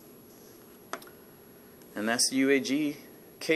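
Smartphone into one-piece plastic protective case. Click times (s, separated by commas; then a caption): 0.9 s. A Samsung Galaxy S6 Edge smartphone is pressed into a one-piece clear plastic UAG protective case, which pops right in and snaps over the phone's edges, held by a few lips. A single sharp click is heard at 0.9 s as the phone seats, and then someone talks.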